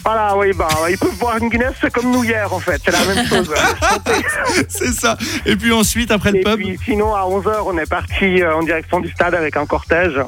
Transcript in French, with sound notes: Voilà, oui, ben, on peut boire une Guinness, c'est comme nous hier en fait. C'est la même chose. [Rires]
C'est ça. Et puis ensuite, après le pub?
Et puis sinon, à 11h, on est partis en direction du stade avec un cortège.